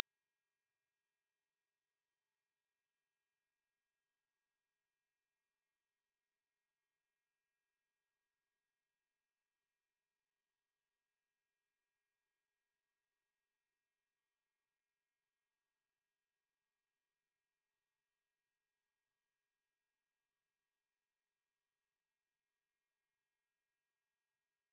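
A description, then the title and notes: A pure 5922 Hz sine tone holds perfectly steady and unchanging for the full clip, thin and high-pitched, with silence around it. 5922 Hz 1 Hz Interval Sine Pure Tone Frequency 441000 Sample Mono.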